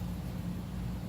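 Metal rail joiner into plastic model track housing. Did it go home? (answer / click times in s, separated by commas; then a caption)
no / none. A metal rail joiner with a bent drop wire is handled as it is pushed back toward the plastic track housing of a model railroad module. A steady low hum with broadband noise runs throughout. Nothing has seated or clicked yet.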